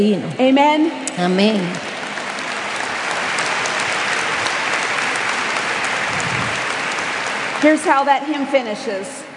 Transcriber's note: applause